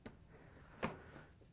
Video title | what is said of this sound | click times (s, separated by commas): How To: Samsung Dryer Blower Wheel DC67-00180B | once you have that snapped into place we can put the top back on | 0.8 s